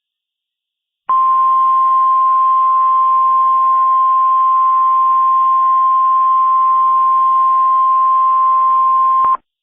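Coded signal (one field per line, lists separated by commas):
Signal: Emergency Alert System (SAME) tones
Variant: 1050 Hz attention tone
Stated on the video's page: Fictional Emergency Alert System scenario made for entertainment, played very loud.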